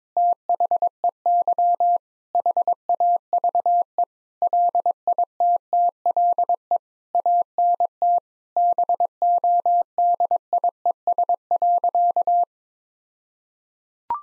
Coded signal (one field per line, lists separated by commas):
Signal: Morse code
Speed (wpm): 22 wpm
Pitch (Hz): 700 Hz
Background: none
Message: THEY HAVE LITTLE ANT BODIES.